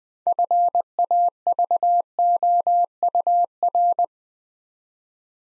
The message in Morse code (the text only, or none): FAVOUR